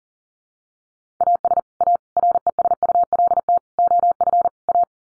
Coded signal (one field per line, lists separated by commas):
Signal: Morse code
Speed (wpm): 40 wpm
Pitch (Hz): 700 Hz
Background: none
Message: AS A RESULT OF A